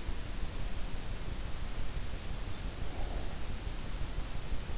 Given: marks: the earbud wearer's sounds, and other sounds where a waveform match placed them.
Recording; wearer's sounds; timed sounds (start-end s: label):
sounds in sleep by an in-ear microphone; breath
2.54-3.74 s: breath